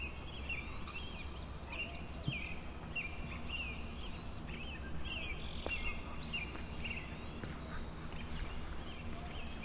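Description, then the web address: Frogs in chorus, many overlapping short chirping notes repeated steadily throughout, with a few higher thin chirps above and a low constant rumble beneath. Frog chorus recorded at Grafton Lake on 3 May 2009. "The Frog Chorus Tunes Up On Grafton Lake"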